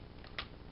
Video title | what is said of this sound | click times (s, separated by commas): DX Samurai Kyojin Daikai-Oh (mode details) - CollectionDX | here snaps into place you know this one doesn't have a tab but it does have a slot | 0.4 s